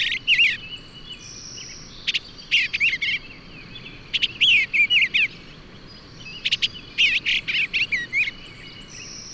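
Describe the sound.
Bird singing lively phrases of sharp chirps and warbled notes, each burst lasting about a second with gaps between, a faint high tone behind.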